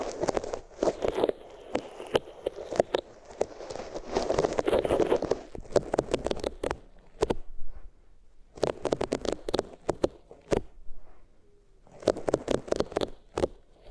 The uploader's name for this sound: Rubbing Your Ears on Different Materials